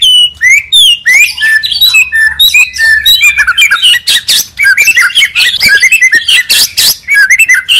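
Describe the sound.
Magpie-robin song: a fast, varied stream of loud whistled slurs, rising and falling notes mixed with harsh chattering bursts, nearly continuous throughout.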